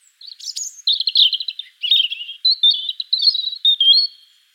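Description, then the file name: European robin song: a fast, varied run of high thin warbles, trills and sweet twittering notes in short bursts, clean with no other sounds. "Erithacus rubecula"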